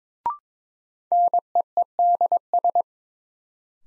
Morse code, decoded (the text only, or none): NEEDS